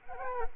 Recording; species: mosquito wingbeat signal from an infrared sensor; Culex quinquefasciatus